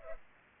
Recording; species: mosquito wingbeat signal from an infrared sensor; Culex pipiens